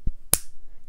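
A vacuum-fill fountain pen's cap or plunger is snapped onto the pen body. A soft low thump at 0.1 s is followed by one sharp, bright click at 0.3 s, with only faint noise afterward. The part clicks shut and is seated.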